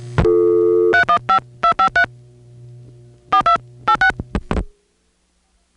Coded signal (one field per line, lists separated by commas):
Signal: DTMF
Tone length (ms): 100 ms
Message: 315253 4286